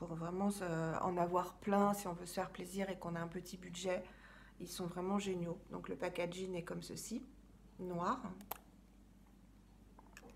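A woman talks while handling a black-packaged lipstick, about to push the plastic cap onto the lipstick tube. Only faint ticks of handling are heard near the end; the cap has not clipped shut yet, and nothing has seated.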